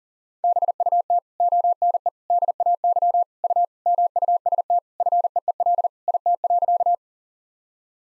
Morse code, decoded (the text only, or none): BUT ONE DAY U MUST FEEL IT.